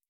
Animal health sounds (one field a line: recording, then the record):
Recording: hydrophone in a shrimp aquaculture tank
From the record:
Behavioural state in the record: stressed